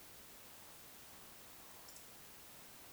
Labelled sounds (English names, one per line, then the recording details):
Eurasian Woodcock whistle
Eurasian Woodcock croak
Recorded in Baden-Württemberg, Germany, on 21 June 2020 at 02:22 UTC
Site 49006, 684 m above sea level